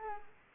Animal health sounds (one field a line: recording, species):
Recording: mosquito wingbeat signal from an infrared sensor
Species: Anopheles arabiensis